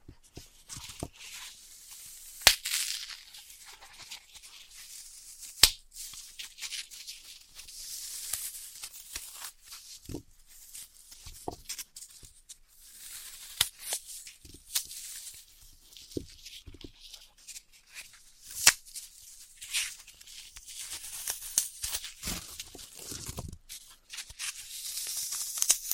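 Floral foam being tapped, cut and crushed, heard as a steady run of dry, crackly crunches and scratches that stay mostly high and hissy. Sharp taps punctuate it irregularly, loudest near 2 and 5 seconds, with denser crumbly grinding toward the end.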